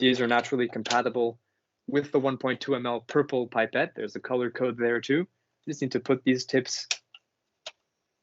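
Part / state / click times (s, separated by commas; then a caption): tip-rack deck module into a bench position on a pipetting robot / seated / 7.2 s, 7.7 s. Someone talks while a domino module holding 1.2 ml pipette tips, color-coded purple, is placed into position one on the bench of a pipetting robot. Two sharp clicks are heard at 7.2 s and 7.7 s as the module snaps magnetically into place, fully seated.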